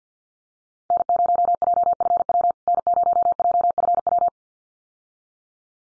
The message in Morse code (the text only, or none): N0JFW N0JFW